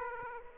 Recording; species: mosquito wingbeat signal from an infrared sensor; Aedes aegypti